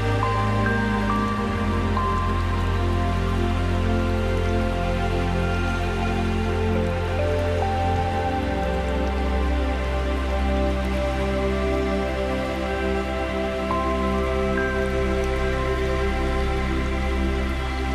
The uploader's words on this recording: Relaxing sound of falling snow and water running down the river in the forest.